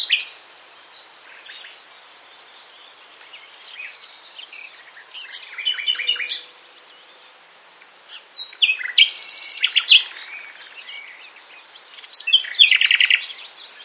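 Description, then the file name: Common nightingale delivering varied phrases of buzzy trills, rapid chattering notes and brief whistles between quieter gaps, with a steady high hum behind. "Luscinia megarhynchos"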